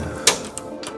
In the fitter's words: After I'm done cleaning the inside, then I'm ready to close it up. And I just snap it in.